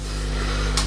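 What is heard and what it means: The plastic back section of a Young Toys Tobot V Air Hyde transforming toy robot figure finally locks into place after several failed tries. Over a steady low background, a short, bright click is heard at 0.8 s as it seats.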